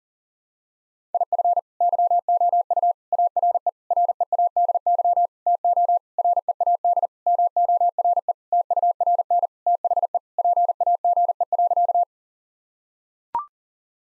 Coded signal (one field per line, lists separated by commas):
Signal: Morse code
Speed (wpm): 40 wpm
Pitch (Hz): 700 Hz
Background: none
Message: IF YOU ARE READY TO READ MORE TURN THE PAGE.